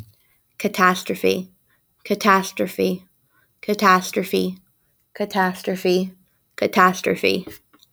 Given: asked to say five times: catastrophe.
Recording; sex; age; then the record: repeated word; female; 20 to 29 years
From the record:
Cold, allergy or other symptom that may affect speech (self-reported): no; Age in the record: 28 years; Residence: Mississippi, United States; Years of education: 24